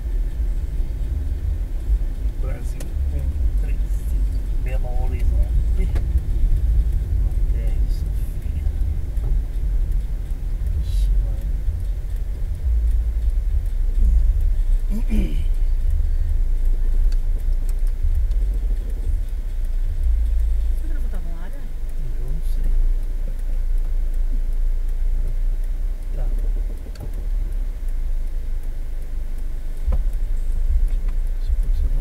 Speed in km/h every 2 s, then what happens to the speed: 29, 28, 27, 26, 24, 15, 12, 10, 8, 7, 3, 4, 5, 7, 3, 4.
0-20 slows to 3. 20-32 steady at about 4.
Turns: none.